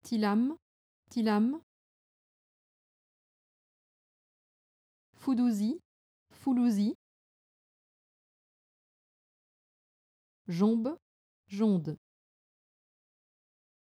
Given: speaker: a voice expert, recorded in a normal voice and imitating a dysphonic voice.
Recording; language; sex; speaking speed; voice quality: pseudo-word pairs; French; female; fast speed; normal voice